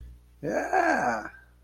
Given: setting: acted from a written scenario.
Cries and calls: vocal sound without words; contentment

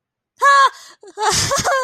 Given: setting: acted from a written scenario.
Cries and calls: vocal sound without words; amusement

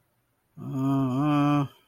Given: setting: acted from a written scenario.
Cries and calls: vocal sound without words; disappointment

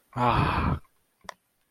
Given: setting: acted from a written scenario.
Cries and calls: vocal sound without words; pride

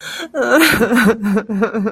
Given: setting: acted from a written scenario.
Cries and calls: vocal sound without words; sadness

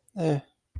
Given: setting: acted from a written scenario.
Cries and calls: vocal sound without words; neutral

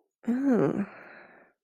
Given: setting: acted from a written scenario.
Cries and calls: vocal sound without words; disgust

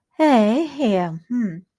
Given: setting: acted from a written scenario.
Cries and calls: vocal sound without words; sympathy

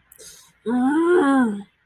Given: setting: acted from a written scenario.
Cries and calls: vocal sound without words; anger

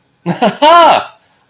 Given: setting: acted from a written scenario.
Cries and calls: vocal sound without words; elation

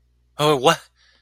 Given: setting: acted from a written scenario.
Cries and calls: vocal sound without words; negative surprise

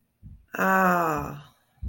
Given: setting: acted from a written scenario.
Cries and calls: vocal sound without words; contentment

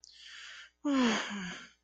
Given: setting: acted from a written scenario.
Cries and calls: vocal sound without words; disappointment

